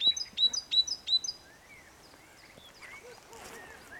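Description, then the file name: Great tit song: several quick two-note phrases at the start, followed by fainter calls. "Parus major"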